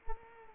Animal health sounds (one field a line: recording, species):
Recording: mosquito wingbeat signal from an infrared sensor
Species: Culex pipiens